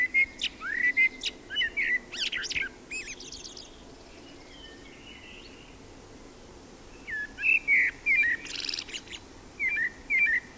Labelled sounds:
Common Blackbird (Turdus merula) song
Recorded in the wild
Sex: male
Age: adult
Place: Hiltpoltstein, Bayern, DE
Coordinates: 49.6597, 11.3194
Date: 1963-06-04
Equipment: Nagra, AKG D19-200, Parabol, Original, Vollspur
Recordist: Tretzel, Erwin

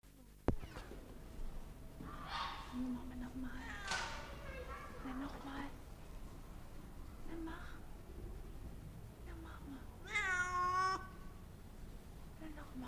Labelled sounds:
Wildcat (Felis silvestris) call
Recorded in captivity
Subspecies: griselda
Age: adult
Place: Zoo Berlin, Berlin, DE
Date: 1959-08-10 15:45
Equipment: Reporter (Vollspur)
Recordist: TSA
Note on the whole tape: Falbkatze. Maunzen. Vor der Fütterung. Abstand 0,5 m

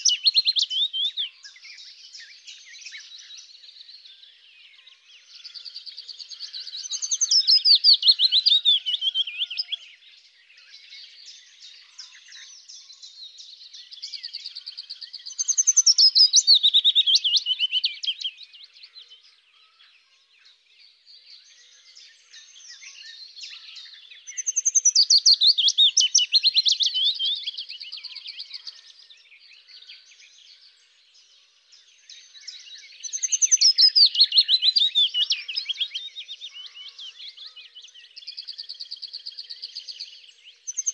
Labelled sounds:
Willow Warbler (Phylloscopus trochilus) song
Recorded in the wild
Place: Flögelner See, Schleswig-Holstein, DE
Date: 1999-05-10
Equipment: MiniDisc Sony MZ-R35, Telinga DAT, Telinga-Parabolspiegel
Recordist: Schwarz, Dieter

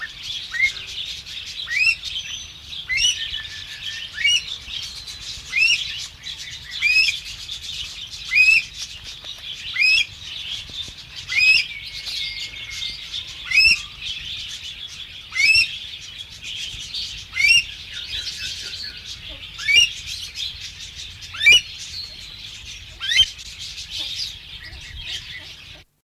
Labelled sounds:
Himalayan Monal (Lophophorus impejanus) call
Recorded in captivity
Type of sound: call
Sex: female
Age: adult
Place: Zoo Hannover, Niedersachsen, DE
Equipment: Halbspur, 9,5 cm/s
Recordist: Lütgens, Hans
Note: Rufe

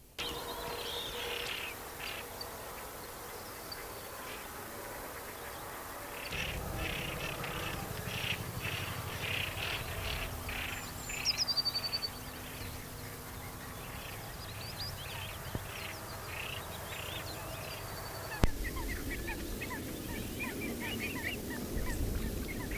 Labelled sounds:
Common Pochard (Aythya ferina)
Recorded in the wild
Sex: group
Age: adult
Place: Karower Teiche, Naturpark Barnim, Berlin, DE
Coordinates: 52.6222, 13.4597
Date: 1985-04-21
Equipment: Nagra SN, Kopie Uher 4000 Report Monitor
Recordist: Tembrock, Günter
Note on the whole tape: Gruppenbalz, Männchen: Pfeifen, auch andere Laute; Weibchen: Schnarren, speziell als Flugrufe

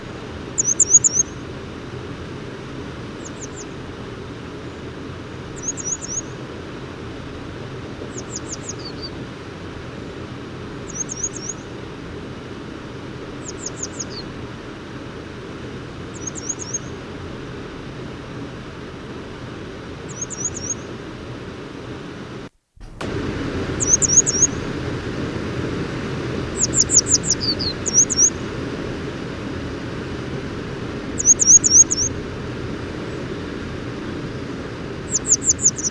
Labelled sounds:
Grey Wagtail (Motacilla cinerea) song
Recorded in the wild
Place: Blumenholz, Mecklenburg-Vorpommern, DE
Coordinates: 53.36, 13.073
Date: 1979-04-20 04:45
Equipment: Nagra III BH, Sennheiser MD 21, parabola
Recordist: Schubert, Michael
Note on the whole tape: Gesang Gebirgsstelze

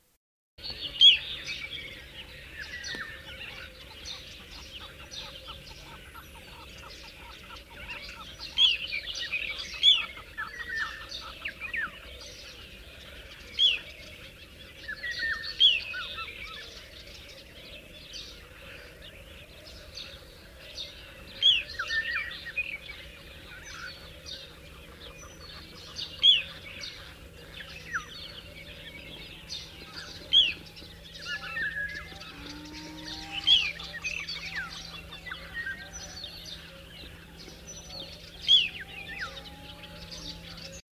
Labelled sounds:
Little Ringed Plover (Charadrius dubius) call, Chukar (Alectoris chukar)
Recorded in the wild
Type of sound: call
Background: Passer spec., Alectoris chukar, Equus spec
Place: Ljubimez, Khaskovo, BG
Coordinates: 41.847, 26.086
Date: 1974-05-31
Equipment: Nagra III BH, Sennheiser MD 21, parabola
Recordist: Schubert, Michael
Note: Warnen Flußregenpfeifer, vielfältiger Hintergrund Von Esel bis Sperlinge u. Chukarhuhn

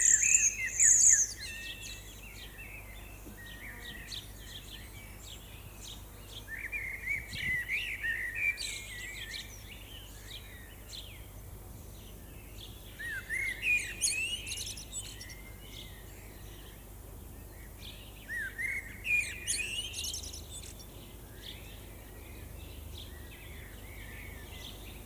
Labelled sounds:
Common Blackbird (Turdus merula) song
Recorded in the wild
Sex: male
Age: adult
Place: Lübars, Berlin, DE
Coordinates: 52.6167, 13.35
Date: 2004-05-10 18:58
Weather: overcast, 19°C
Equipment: Sony WM-D6C, Sennheiser ME 80, Kopie Uher 4000 Report Monitor
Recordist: Tembrock, Günter

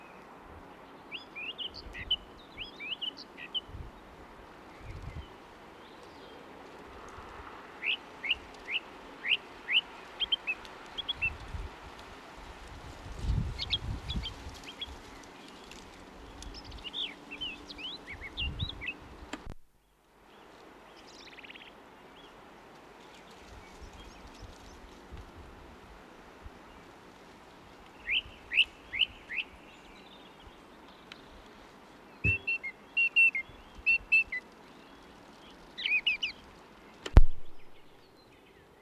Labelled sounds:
Song Thrush (Turdus philomelos) song
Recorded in the wild
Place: Garmisch-Partenkirchen, Bayern, DE
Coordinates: 47.5203, 11.0819
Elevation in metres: 846
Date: 1971-04-08
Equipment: Nagra IV, Sennheiser MKH 405
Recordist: Tretzel, Erwin

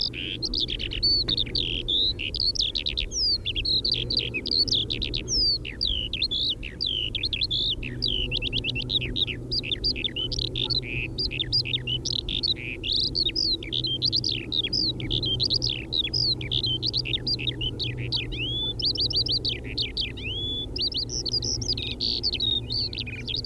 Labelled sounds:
Eurasian Skylark (Alauda arvensis) song
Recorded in the wild
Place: Linum, Brandenburg, DE
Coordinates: 52.759, 12.876
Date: 1971-05-03
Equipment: Nagra III BH, Sennheiser MD 21, parabola
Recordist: Schubert, Michael

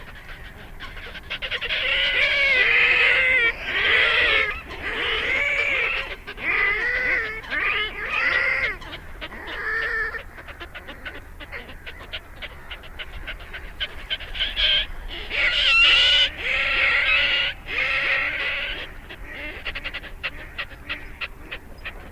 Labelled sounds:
Red-necked Grebe (Podiceps grisegena)
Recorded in the wild
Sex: pair
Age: adult
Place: Kützerhof, Kummerower See, Mecklenburg-Vorpommern, DE
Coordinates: 53.8506, 12.8792
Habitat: wetland
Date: 2011-04-19
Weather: clear, full moon, 10°C, weak northerly winds
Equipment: Sound Devices 702, Sennheiser MKH 70, Rycote Windschutz
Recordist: Frommolt, Karl-Heinz

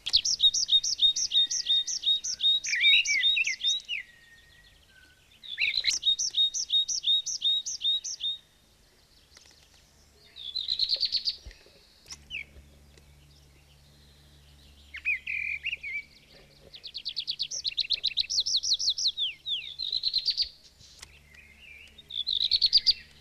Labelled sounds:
Tree Pipit (Anthus trivialis) song
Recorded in the wild
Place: Montreux, Kanton Waadt, CH
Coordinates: 46.4586, 6.94
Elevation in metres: 1158
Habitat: mountains
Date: 1986-05-22
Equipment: Uher 4000 Report, Sennheiser MKH 815 T
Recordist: Tretzel, Erwin

